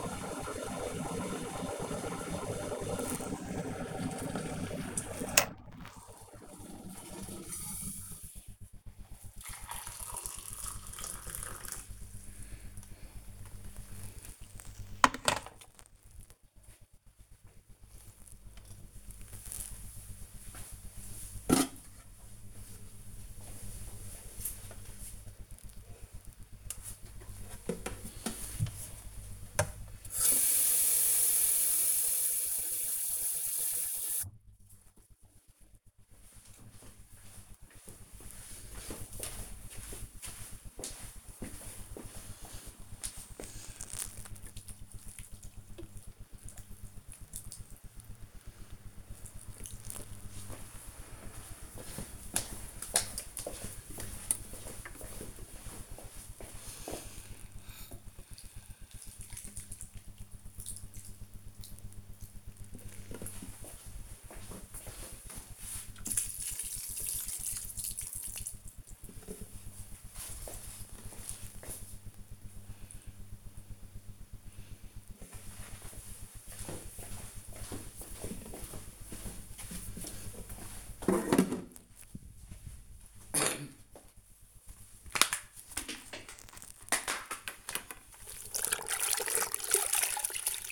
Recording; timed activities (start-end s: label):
household activities, microphone on the right wrist
0.00-16.13 s: making tea
26.18-69.45 s: watering plant
83.56-90.71 s: floor cleaning